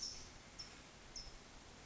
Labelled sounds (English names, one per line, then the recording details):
California Towhee
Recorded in Sonoma County, California